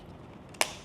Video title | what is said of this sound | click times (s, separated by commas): ✅เครื่องวัดความดันโลหิตอัตโนมัติ OMRON รุ่น HEM-7124 | ท่อลมตรงนี้นะคะหลังจากนั้นเนี่ยให้ทำการใส่เข้าไปได้เลยนะคะแล้วจะได้ยินเสียงคลิก | 0.6 s